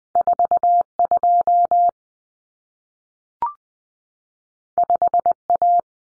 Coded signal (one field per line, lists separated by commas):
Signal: Morse code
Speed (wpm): 20 wpm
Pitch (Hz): 700 Hz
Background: none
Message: 42 5A